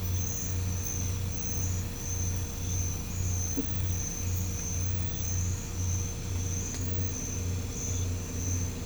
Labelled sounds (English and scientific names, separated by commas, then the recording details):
none
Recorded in pastures near Puerto Asís, Putumayo, Colombia, on 21 December 2024 at 04:00
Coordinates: 0.505, -76.324
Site G063